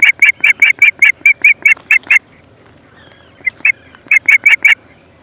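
Osprey calling a quick, steady run of ringing whistled chirps, then a pause and a shorter burst of a few more.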